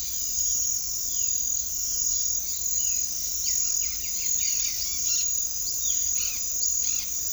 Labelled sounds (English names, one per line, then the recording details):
Violaceous Jay
White-winged Becard
Dusky-headed Parakeet
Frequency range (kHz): Violaceous Jay 1.8-4.2 kHz; White-winged Becard 1.6-3.8 kHz; Dusky-headed Parakeet 0.9-5.7 kHz
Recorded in secondary vegetation near Puerto Asís, Putumayo, Colombia, on 20 February 2024 at 06:30
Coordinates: 0.500, -76.326
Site G6428